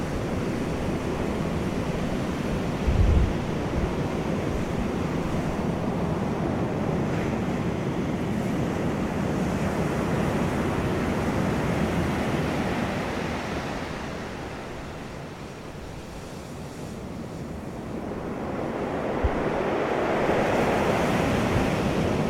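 Ocean waves wash in a steady low roar, easing around fifteen seconds before surging again, with brief thumps of wind near three seconds.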